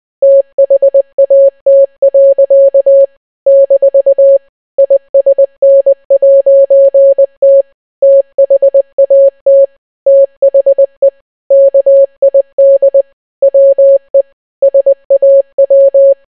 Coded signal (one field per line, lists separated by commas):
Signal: Morse code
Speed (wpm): 20 wpm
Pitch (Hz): 550 Hz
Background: none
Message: THAT. - ISN'T THAT THE KID WE SAW